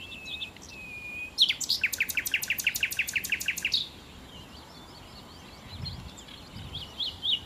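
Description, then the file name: Common nightingale song: a soft whistle, then a long, steady run of about a dozen loud, identical throbbing notes, followed by quieter high twitters. "Nachtigall"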